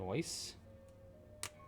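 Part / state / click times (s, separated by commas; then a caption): safety eye washer onto eye post in a crocheted toy / seated / 1.4 s. A plastic locking washer is pushed onto the post of a safety eye from the other side of a crocheted minigurumi toy. Someone talks at the start, and then a sharp, short click at 1.4 s marks the washer seating home on the eye post.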